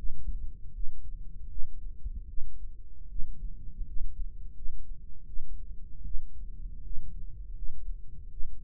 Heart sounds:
heart sounds by microphone in the right ear; 79 bpm
0.71 s: heartbeat
1.48 s: heartbeat
2.26 s: heartbeat
3.07 s: heartbeat
3.84 s: heartbeat
4.53 s: heartbeat
5.25 s: heartbeat
6.03 s: heartbeat
6.82 s: heartbeat
7.53 s: heartbeat
8.29 s: heartbeat
From the record:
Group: healthy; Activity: rest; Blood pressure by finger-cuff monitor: 112/64 mmHg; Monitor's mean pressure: 80 mmHg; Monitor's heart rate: 78 bpm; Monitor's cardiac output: 6.7 L/min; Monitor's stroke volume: 87 mL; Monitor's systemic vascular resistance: 850 dyn s/cm5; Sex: female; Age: 22 years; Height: 160 cm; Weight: 63 kg

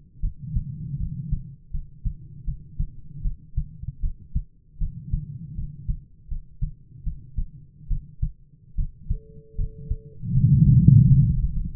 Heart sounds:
heart sounds by stethoscope; 78 bpm
0.20 s: heartbeat
0.97 s: heartbeat
1.70 s: heartbeat
2.44 s: heartbeat
3.22 s: heartbeat
4.00 s: heartbeat
4.78 s: heartbeat
5.55 s: heartbeat
6.28 s: heartbeat
7.03 s: heartbeat
7.88 s: heartbeat
8.75 s: heartbeat
9.56 s: heartbeat
10.32 s: heartbeat
11.04 s: heartbeat
11.73 s: heartbeat
From the record:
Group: healthy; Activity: rest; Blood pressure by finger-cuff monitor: 115/63 mmHg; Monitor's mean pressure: 75 mmHg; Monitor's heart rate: 72 bpm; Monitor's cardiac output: 8.4 L/min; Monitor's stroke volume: 111 mL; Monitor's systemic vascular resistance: 640 dyn s/cm5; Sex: male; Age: 22 years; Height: 185 cm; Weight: 112.4 kg

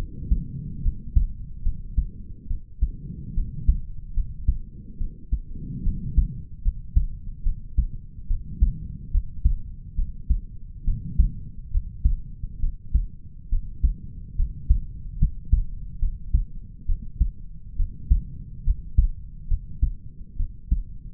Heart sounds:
heart sounds by stethoscope; 71 bpm
0.82 s: heartbeat
1.63 s: heartbeat
2.47 s: heartbeat
3.34 s: heartbeat
4.14 s: heartbeat
4.98 s: heartbeat
5.83 s: heartbeat
6.62 s: heartbeat
7.43 s: heartbeat
8.27 s: heartbeat
9.11 s: heartbeat
9.96 s: heartbeat
10.85 s: heartbeat
11.71 s: heartbeat
12.60 s: heartbeat
13.49 s: heartbeat
14.36 s: heartbeat
15.18 s: heartbeat
15.99 s: heartbeat
16.86 s: heartbeat
17.76 s: heartbeat
18.64 s: heartbeat
19.48 s: heartbeat
20.37 s: heartbeat
From the record:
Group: healthy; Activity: rest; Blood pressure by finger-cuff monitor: 102/79 mmHg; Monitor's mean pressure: 86 mmHg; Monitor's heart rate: 71 bpm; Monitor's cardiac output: 5 L/min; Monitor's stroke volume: 70 mL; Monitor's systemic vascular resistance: 1240 dyn s/cm5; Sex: male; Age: 20 years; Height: 187 cm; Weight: 68.9 kg

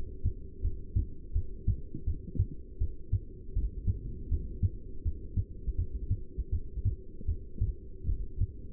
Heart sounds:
heart sounds by stethoscope; 81 bpm
0.62 s: heartbeat
1.33 s: heartbeat
2.05 s: heartbeat
2.79 s: heartbeat
3.54 s: heartbeat
4.29 s: heartbeat
5.03 s: heartbeat
5.76 s: heartbeat
6.51 s: heartbeat
7.26 s: heartbeat
8.06 s: heartbeat
From the record:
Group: heart failure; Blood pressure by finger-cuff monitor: 148/107 mmHg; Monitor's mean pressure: 121 mmHg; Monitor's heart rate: 82 bpm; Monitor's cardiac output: 7.3 L/min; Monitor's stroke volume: 87 mL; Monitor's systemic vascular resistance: 1240 dyn s/cm5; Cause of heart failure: non-ischemic cardiomyopathy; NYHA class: 1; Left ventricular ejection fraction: 62%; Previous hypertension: present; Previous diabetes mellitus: present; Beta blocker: bisoprolol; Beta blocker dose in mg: 10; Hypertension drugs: sacubitril-valsartan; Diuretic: furosemide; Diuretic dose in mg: 20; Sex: male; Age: 49 years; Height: 167 cm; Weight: 110 kg

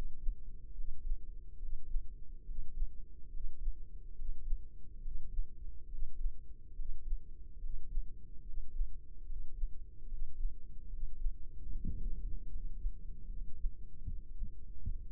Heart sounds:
heart sounds by microphone in the right ear; 72 bpm
0.72 s: heartbeat
1.57 s: heartbeat
2.43 s: heartbeat
3.28 s: heartbeat
4.13 s: heartbeat
4.99 s: heartbeat
5.86 s: heartbeat
6.73 s: heartbeat
7.58 s: heartbeat
8.41 s: heartbeat
9.24 s: heartbeat
10.05 s: heartbeat
10.87 s: heartbeat
11.69 s: heartbeat
12.47 s: heartbeat
13.27 s: heartbeat
14.04 s: heartbeat
14.81 s: heartbeat
From the record:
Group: healthy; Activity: breath hold 0-11 s, rest 11-15 s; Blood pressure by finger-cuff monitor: 94/57 mmHg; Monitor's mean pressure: 66 mmHg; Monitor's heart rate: 72 bpm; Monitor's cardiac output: 4.8 L/min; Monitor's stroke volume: 67 mL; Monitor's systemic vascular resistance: 970 dyn s/cm5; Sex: male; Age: 20 years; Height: 167 cm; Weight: 61 kg

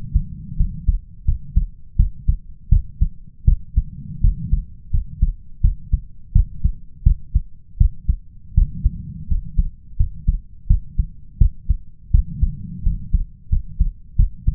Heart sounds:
heart sounds by stethoscope; 84 bpm
0.56 s: heartbeat
1.25 s: heartbeat
1.96 s: heartbeat
2.69 s: heartbeat
3.44 s: heartbeat
4.21 s: heartbeat
4.90 s: heartbeat
5.61 s: heartbeat
6.32 s: heartbeat
7.03 s: heartbeat
7.77 s: heartbeat
8.54 s: heartbeat
9.27 s: heartbeat
9.96 s: heartbeat
10.67 s: heartbeat
11.38 s: heartbeat
12.11 s: heartbeat
12.83 s: heartbeat
13.49 s: heartbeat
14.16 s: heartbeat
From the record:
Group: healthy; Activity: rest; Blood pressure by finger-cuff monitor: 124/88 mmHg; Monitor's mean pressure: 100 mmHg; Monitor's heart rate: 84 bpm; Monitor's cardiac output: 6.3 L/min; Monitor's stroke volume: 75 mL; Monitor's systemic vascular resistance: 1200 dyn s/cm5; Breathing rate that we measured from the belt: 16 breaths a minute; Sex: male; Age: 21 years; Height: 180 cm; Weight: 67.5 kg

